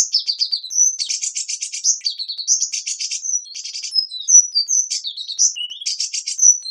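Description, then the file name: Hummingbird song of very high chirps and short buzzy trills, broken into quick phrases with brief gaps. "Ptichka kolibri - Penie"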